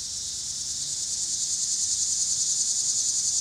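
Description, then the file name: Cicada chorus, a high, shimmering buzz that pulses rapidly and swells slightly louder toward the end. Cicadas recorded with car noise in Pittsburgh, Pennsylvania, on 26 August 2023. "cicadas and cars Pittsburgh PA"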